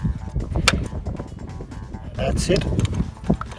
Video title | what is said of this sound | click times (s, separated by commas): How to Change the Diesel Fuel Filter on your Citroën C4 1.6 HDi | you hear a little click as it as it goes in that's | 0.7 s